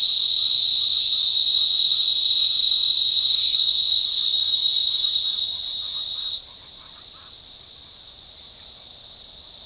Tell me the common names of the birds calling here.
none